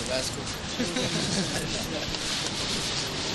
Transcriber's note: laughter